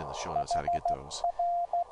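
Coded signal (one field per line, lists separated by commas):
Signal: Morse code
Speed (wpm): 14 wpm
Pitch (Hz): 700 Hz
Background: speech, radio noise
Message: HR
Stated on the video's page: Morse heard through an online WebSDR receiver, with the audio filtered by free VST plugins to remove harmonic distortion and noise.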